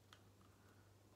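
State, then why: Seated. The hinged lid on the funnel of a plastic saliva-collection tube is pressed closed. A single sharp click is heard at 0.1 s over a steady low hum as the lid snaps shut, releasing its liquid into the tube.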